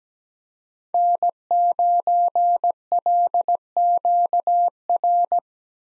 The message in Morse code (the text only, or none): N9LQR